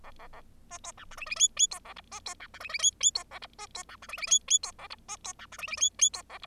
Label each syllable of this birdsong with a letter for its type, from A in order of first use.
A A A B C D E F F G G C A H B C D E F F G G C A H B C D E F F G G C A H B C D E F F G G C A H